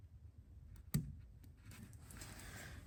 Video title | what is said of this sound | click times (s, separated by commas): CHROME CAP - POWER FOLD - SWITCHBACK TOW MIRROR COMPLETE INSTALL!!! | got that locked into place now we want to take our red one | 0.9 s